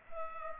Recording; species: mosquito wingbeat signal from an infrared sensor; Culex pipiens